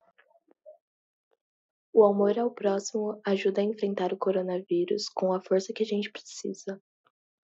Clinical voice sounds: spoken sentence; Brazilian Portuguese; female; 18 to 19 years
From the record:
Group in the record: control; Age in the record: 19 years

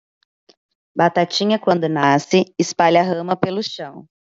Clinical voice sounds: short text; Brazilian Portuguese; female; 30 to 39 years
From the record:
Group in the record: control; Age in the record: 34 years

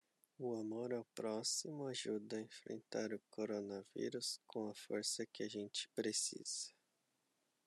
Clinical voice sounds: spoken sentence; Brazilian Portuguese; male; 30 to 39 years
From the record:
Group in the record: control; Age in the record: 31 years

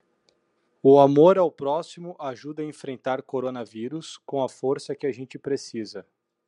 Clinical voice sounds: spoken sentence; Brazilian Portuguese; male; 30 to 39 years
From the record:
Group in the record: control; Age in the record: 34 years

